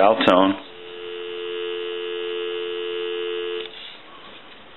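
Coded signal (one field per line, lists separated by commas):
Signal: telephone call progress tone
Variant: North America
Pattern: dial tone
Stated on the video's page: Telephone tone heard during the initial checkout and repair of a Stromberg Carlson 500 rotary telephone.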